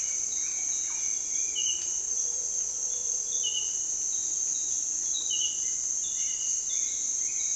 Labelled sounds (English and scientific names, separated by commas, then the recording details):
Bright-rumped Attila (Attila spadiceus), Russet-backed Oropendola (Psarocolius angustifrons)
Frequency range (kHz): Bright-rumped Attila (Attila spadiceus) 1.5-2.7 kHz; Russet-backed Oropendola (Psarocolius angustifrons) 0.6-1.9 kHz
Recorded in dense forest near Puerto Asís, Putumayo, Colombia, on 21 February 2024 at 06:30
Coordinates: 0.466, -76.327
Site G6413